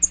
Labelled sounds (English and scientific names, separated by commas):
American Redstart (Setophaga ruticilla) flight call